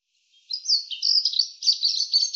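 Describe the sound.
European robin song, a high thin warbling phrase of liquid trills and quick slurred notes, ranging widely in pitch and continuing throughout; no other sounds.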